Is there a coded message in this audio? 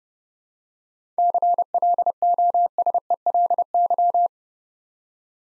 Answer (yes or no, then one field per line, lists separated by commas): yes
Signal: Morse code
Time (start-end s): 1.2-4.3 s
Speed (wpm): 30 wpm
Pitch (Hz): 700 Hz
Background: none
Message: CLOSELY